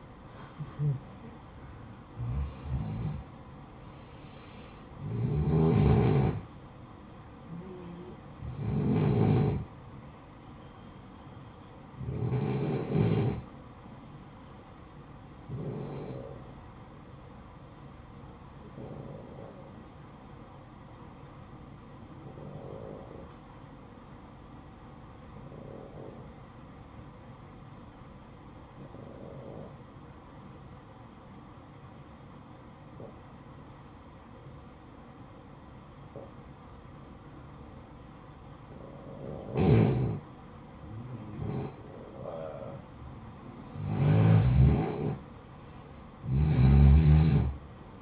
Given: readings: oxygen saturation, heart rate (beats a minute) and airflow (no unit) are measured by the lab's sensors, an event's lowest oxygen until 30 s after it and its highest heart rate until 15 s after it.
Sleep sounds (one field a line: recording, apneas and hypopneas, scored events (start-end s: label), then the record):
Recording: breathing in sleep by a smartphone at the bedside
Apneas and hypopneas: 1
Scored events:
0.00-2.00 s: awake
2.00-48.02 s: new sleep stage, N1 (lightest sleep)
23.00-41.50 s: obstructive apnea (N1, oxygen 94% highest, then 89% lowest, heart rate 56 at the start, 66 highest)
From the record:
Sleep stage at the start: awake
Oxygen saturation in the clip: 88 to 94%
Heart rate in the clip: 54 to 68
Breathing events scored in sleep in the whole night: 573 in 9.8 hours asleep